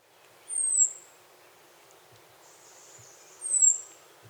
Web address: Birds of the Costa Rican Cloud Forest Song, call